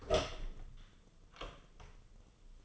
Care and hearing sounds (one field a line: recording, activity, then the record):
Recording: daily activity, microphone in the room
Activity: open door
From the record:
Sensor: 4